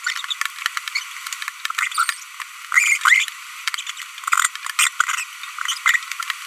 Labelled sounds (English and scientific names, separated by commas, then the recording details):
Green-rumped Parrotlet (Forpus passerinus) babbling
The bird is a female
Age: 25 days
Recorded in a nest box in Venezuela
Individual 17B42B1